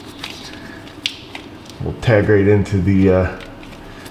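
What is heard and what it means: A wiring connector is plugged back into the vehicle speed sensor at the transfer case of a Honda Passport that has its check-engine light on with a P0502 code. Faint small ticks come first, then a sharp click at 1.1 s as the connector seats. After that, someone talks from about 1.8 s to the end.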